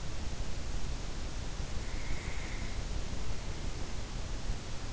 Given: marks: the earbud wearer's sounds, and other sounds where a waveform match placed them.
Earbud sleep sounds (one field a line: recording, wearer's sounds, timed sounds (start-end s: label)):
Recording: sounds in sleep by an in-ear microphone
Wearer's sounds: breath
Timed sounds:
2.04-3.92 s: breath